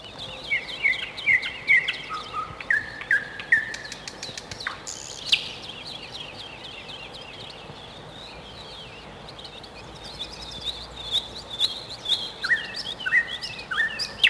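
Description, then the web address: Nightingale song in varied phrases of sharp whistles and sweeping notes, with a quieter pause midway before fast trilled and whistled phrases resume, against constant noise. Recorded in spring. "vremena vesna solovei"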